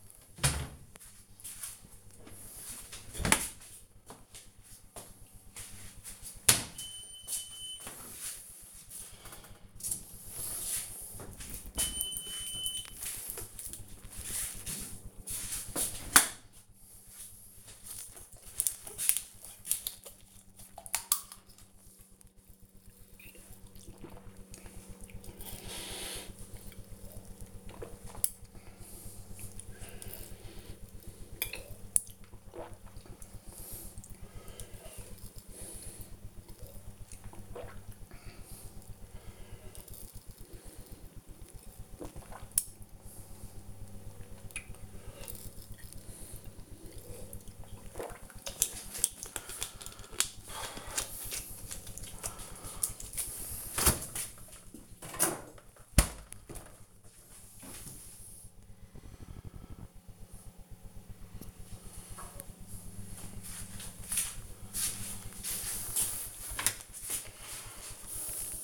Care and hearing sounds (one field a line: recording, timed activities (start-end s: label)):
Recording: household activities, microphone on the right wrist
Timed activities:
0.00-2.85 s: cleaning out the dishwasher
20.98-48.18 s: drinking